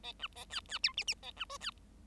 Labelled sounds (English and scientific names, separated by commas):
Bengalese Finch (Lonchura striata domestica) song